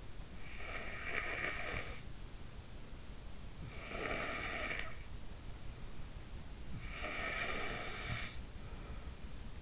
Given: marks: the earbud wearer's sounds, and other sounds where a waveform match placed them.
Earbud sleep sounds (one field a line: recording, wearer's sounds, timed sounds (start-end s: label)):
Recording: sounds in sleep by an in-ear microphone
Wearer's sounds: snoring breath, breath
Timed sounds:
0.00-2.91 s: snoring breath
3.31-6.00 s: breath
6.45-8.97 s: breath